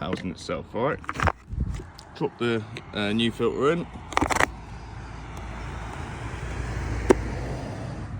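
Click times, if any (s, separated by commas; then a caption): 7.1 s. A new diesel fuel filter element, dampened with diesel, is dropped into the plastic filter housing of a Renault Trafic MK2 and pressed down until it seats. Someone talks over the first four seconds, followed by a few sharp knocks around 4.2–4.4 s and a steady low rumble. A single crisp click at 7.1 s marks the element seating in the housing.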